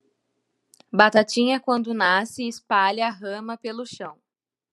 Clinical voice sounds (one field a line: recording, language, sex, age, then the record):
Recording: short text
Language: Brazilian Portuguese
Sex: female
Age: 18 to 19 years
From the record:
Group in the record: control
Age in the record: 18 years